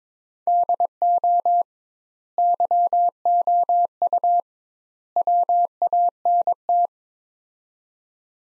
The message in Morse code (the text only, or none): DO YOU WANT